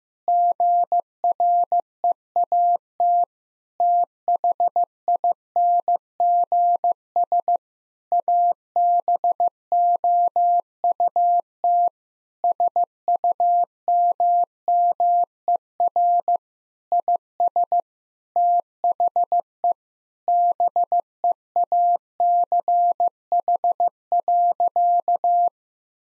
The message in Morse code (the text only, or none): GREAT THINGS ABOUT SUMMER IS THE BEACH.